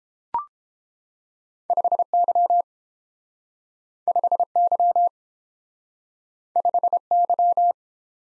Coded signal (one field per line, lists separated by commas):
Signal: Morse code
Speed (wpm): 30 wpm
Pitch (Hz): 700 Hz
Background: none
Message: 5Y 5Y 5Y